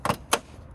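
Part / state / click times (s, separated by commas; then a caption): plastic push pin into engine bay trim panel / seated / 0.3 s. A plastic push pin is pressed down into a plastic engine bay cover panel on a 2009–2014 Acura TL, after the panel is slid back under the other panels following a battery replacement. A short rustle near 0.1 s leads into a sharp click at 0.3 s as the pin seats in place.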